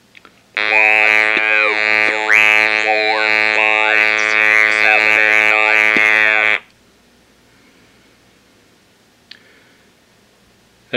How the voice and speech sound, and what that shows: Count from 1 to 10. Normally, one would use the cervox pressed against the neck to achieve this sound. Cervox artificial electrolarynx it's 7 inches long. It is shaped like a flashlight.